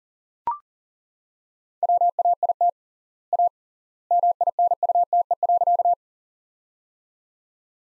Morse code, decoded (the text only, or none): WAIT A MINUTE.